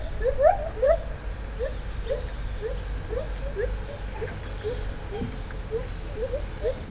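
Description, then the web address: White-handed gibbon calls: short rising hoots repeated about twice a second, sometimes doubled, over a steady low rumble. Captive gibbon at a zoo in Debrecen, Hungary, 2012; cars and an electric fence audible in the background; recorded with a Marantz recorder. "debrecenizoo 2012 premium feherkezugibbon"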